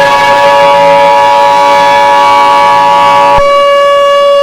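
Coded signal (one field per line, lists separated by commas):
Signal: Emergency Alert System (SAME) tones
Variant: 853 and 960 Hz attention tone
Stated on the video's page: Fictional EAS scenario, not a real alert.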